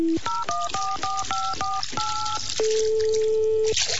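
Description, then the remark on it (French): A quick run of about seven bright, two-pitched telephone keypad beeps in an even rhythm as someone dials a phone to call their mother, followed by a longer, lower steady tone, with a faint background hiss and no voices. “Bon, j'appelle ma mère et croyez-moi les amis, elle va m'entendre.”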